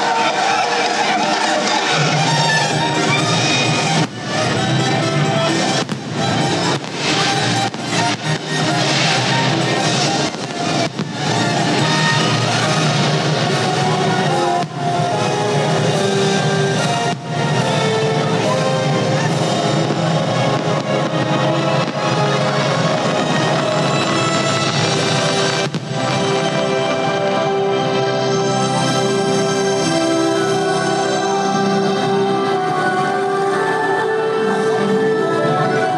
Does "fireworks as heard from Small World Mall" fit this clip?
yes